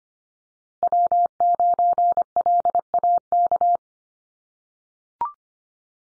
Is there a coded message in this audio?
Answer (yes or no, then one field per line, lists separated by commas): yes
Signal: Morse code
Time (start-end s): 0.8-3.8 s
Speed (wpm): 25 wpm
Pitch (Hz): 700 Hz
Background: none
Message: W9LAK